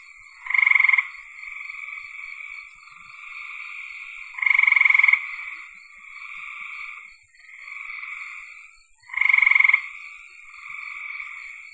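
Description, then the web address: Frog chorus: three loud rapid pulsed trills several seconds apart, with softer trills from other frogs between them. "cn frogs"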